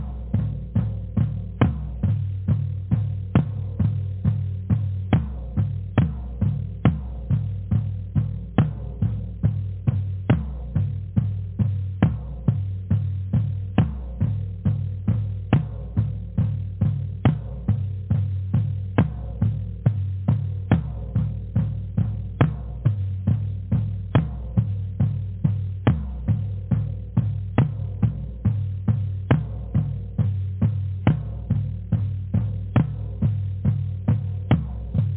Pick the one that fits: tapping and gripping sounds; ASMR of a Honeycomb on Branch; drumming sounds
drumming sounds